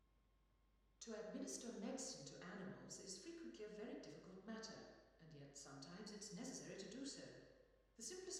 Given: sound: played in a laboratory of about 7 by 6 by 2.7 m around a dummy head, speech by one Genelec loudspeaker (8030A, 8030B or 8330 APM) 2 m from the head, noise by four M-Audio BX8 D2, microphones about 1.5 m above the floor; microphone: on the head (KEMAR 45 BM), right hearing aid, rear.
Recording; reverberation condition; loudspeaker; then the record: female speech in English; high; behind (180 degrees)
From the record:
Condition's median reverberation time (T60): about 1300 ms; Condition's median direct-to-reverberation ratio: about -4.0 dB